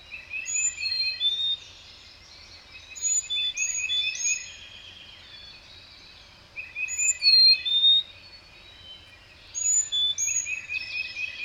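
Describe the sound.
Birdsong with clear whistled notes and rapid trills in several phrases separated by short gaps, over a faint low rumble.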